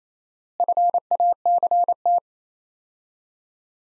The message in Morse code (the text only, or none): FACT